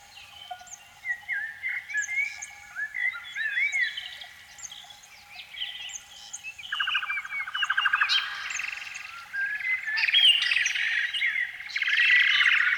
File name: Canary Sound